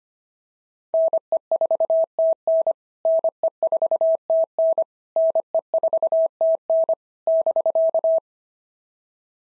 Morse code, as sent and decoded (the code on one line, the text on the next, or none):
-. . ....- - -. / -. . ....- - -. / -. . ....- - -. / -...-.-
NE4TN NE4TN NE4TN <BK>